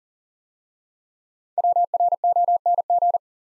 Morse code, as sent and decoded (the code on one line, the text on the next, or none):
.-- .-. --- -. --.
WRONG